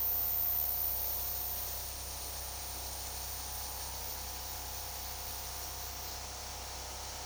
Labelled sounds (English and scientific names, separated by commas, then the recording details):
none
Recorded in secondary vegetation near Puerto Asís, Putumayo, Colombia, on 21 February 2024 at 12:30
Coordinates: 0.489, -76.322
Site G6419